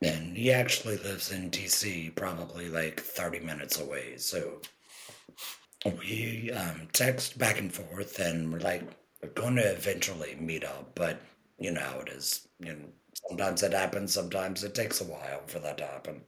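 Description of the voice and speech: Conversational speech from an adult man in a low, rough, slightly wet and breathy voice with fluent phrasing and brief pauses between phrases. This is tracheoesophageal voice about 10 months after total laryngectomy, where sound is produced by air passed through a voice prosthesis into the food pipe.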